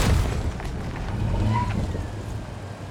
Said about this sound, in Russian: Петренко и Плещеева в машине. Что-то никого не видно. Перед ними под колеса падает бот.